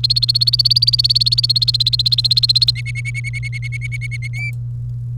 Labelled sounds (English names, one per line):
Domestic Canary song